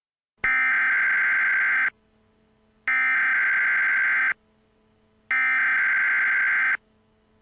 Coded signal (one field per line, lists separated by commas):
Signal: Emergency Alert System (SAME) tones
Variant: header bursts